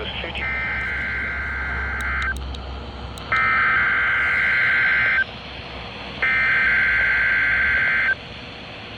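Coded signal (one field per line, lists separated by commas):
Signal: Emergency Alert System (SAME) tones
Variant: header bursts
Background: speech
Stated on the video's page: Weekly weather radio test tones received on a handheld weather alert radio.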